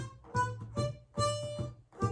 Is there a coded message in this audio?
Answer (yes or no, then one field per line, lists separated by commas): no